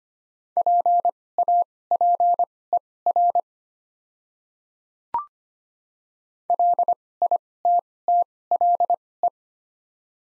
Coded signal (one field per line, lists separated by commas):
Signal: Morse code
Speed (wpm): 25 wpm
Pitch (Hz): 700 Hz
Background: none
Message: PAPER LITTLE